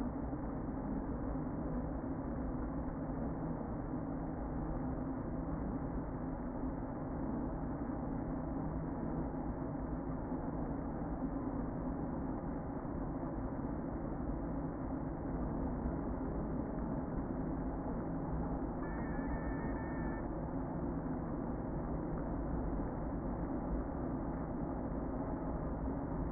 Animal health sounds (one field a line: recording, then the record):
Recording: honeybee colony, microphone inside the hive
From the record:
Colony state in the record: queen present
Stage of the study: before two queens were removed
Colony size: about 60,000 bees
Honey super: yes